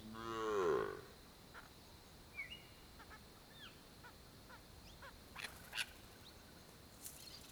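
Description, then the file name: Cow lets out a single drawn-out moo at the start, followed by scattered short bird calls. Farm ambience with a cow mooing close by, plus birds. "Ambiencia fazenda vaca mugindo perto, passaros, passos na grama, mosca e cavalo longe"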